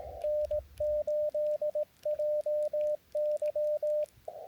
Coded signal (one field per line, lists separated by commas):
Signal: Morse code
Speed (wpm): 18 wpm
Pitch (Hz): 600 Hz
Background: radio noise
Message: N8JY